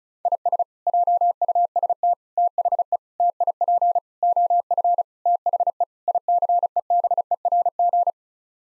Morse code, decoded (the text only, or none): IS JUST THE TIP OF THE ICEBERG